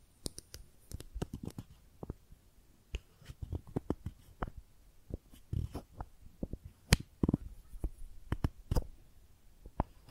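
Makeup being tapped and scratched in quick, uneven bursts of sharp clicks and dull knocks, with short quiet gaps, continuing throughout.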